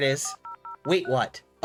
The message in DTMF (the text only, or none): 400